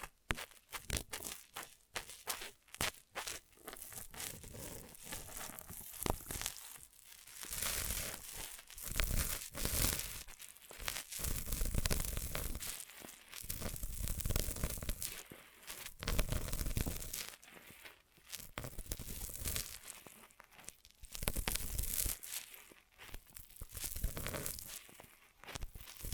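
Ear massage sounds: bursts of full, rushing crinkly friction that swell and fade in waves of a second or two, separated by brief quiet gaps. The rubbing is bright and dense, sometimes with tearing, crumpling textures, and keeps an irregular but steady rhythm throughout.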